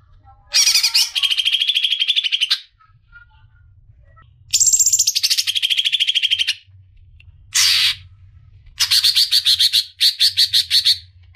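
Leafbird delivering high, buzzy trilled phrases and quick chatters in separate bursts, over a low background rumble.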